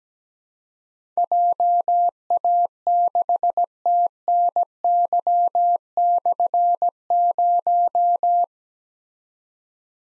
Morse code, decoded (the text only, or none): JA6TNY/0